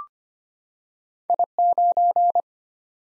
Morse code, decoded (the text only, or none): I9